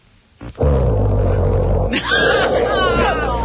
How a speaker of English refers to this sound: But I never heard a guy snore like this.